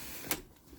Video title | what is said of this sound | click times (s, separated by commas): Maxi Cosi 2way Pearl & Fix Child Seat - Overview and installation | and you'll hear it click when it engages | 0.3 s